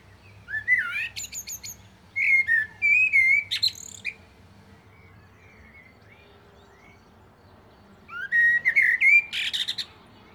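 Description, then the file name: Common blackbird song: phrases of low fluted warbles and high, thin squeaky twitters, with a quiet pause of several seconds before the last. "Turdus merula"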